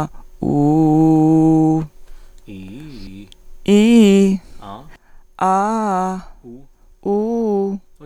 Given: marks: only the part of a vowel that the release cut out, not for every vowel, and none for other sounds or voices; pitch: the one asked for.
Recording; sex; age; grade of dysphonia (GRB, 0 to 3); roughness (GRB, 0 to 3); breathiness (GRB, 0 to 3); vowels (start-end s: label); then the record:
sustained vowels; female; 50 to 59 years; 2; 1; 1
0.62-1.70 s: vowel /u/, low pitch
3.72-4.28 s: vowel /i/, low-high-low pitch
5.46-6.09 s: vowel /a/, low-high-low pitch
7.11-7.66 s: vowel /u/, low-high-low pitch
From the record:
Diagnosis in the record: hyperfunctional dysphonia, dysodia (singing voice disorder); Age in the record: 53 years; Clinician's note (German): Hyperfunktionelle Dysphonie + Dysodie